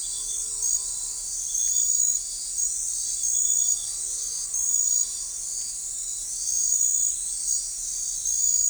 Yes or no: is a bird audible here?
no